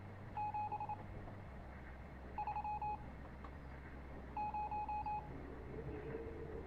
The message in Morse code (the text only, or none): 730